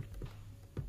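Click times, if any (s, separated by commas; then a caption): none. A plastic bullet-box accessory is lined up on the back of a Gravastar Mars Pro Shark 14 Incarnation Bluetooth speaker housing and handled into position. A few soft handling knocks sound over a low steady hum. Nothing has seated or clicked yet.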